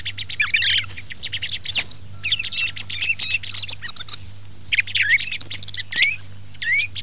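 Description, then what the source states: Thrush song of high, rapid chirps and piercing whistled notes, grouped in bursts separated by short gaps. Filtered.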